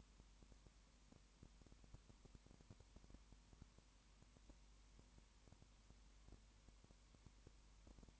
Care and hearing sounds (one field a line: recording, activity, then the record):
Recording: daily activity, microphone in the room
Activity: no activity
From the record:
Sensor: 1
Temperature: 19.7 degrees Celsius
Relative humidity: 40.5%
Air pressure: 1010.7 hPa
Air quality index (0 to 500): 208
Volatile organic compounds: 56 ppm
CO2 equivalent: 3368 ppm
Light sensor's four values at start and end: 1/2/1/1 and 1/2/1/1